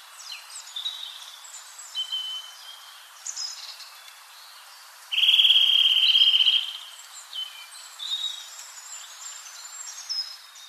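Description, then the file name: Eurasian nuthatch giving a single rapid, steady trill of about one and a half seconds, with thin, high chirps and notes around it. "Sitta europaea"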